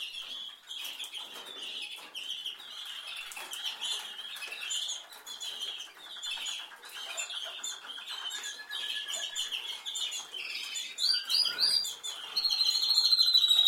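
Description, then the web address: Canary song, a dense stream of high chattering notes and rolls, ending with sharp rising whistles and a clear sustained note. "Golchin Best Canari Seda Canari. Niyaz Music)"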